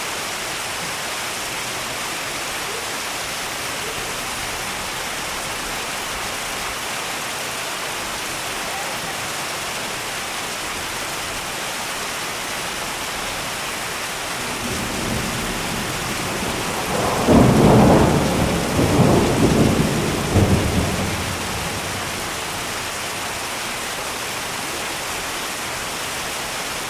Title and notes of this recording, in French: Pluie et tonnerre. Les bruits de la pluie et du tonnerre